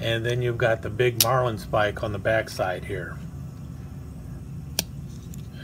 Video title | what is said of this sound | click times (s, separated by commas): Thirteen Knives for Independence Day | locks in place and this | 4.8 s